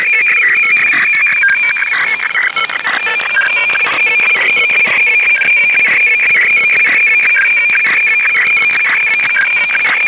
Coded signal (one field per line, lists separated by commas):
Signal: weather fax (radiofax)